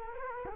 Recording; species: mosquito wingbeat signal from an infrared sensor; Culex quinquefasciatus